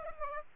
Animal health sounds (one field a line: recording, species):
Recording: mosquito wingbeat signal from an infrared sensor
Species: Aedes aegypti